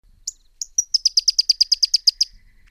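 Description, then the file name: Pyrrhuloxia song: two or three sharp high chips, then a quick even series of about a dozen bright, metallic notes that ends abruptly. "kompilasi suara burung pyrrhuloxia omkicau"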